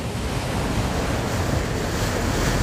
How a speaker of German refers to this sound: Schwarze, gold, rot und silber gefütterte Wellen krachen gegen das Schiff. Wir segeln weiter in Richtung Polarkappen, im fernen Norden.